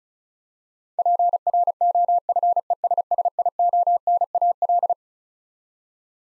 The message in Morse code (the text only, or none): PROFESSIONAL